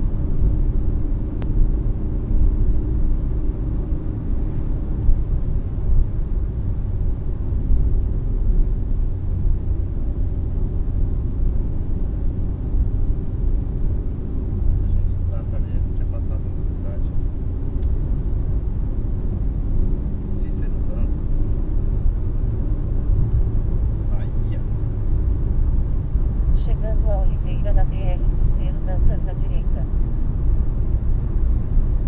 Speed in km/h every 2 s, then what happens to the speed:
86, 87, 87, 79, 74, 74, 76, 74, 76, 82, 87, 91, 93, 96, 96, 95.
4-8 slows to 74. 8-15 steady at about 74. 15-27 speeds up to 96.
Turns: none.